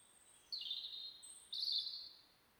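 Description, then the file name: European robin song: two high, thin drawn-out notes about a second apart, the second slightly louder, over quiet background hiss. "Erithacus rubecula"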